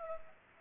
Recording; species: mosquito wingbeat signal from an infrared sensor; Culex pipiens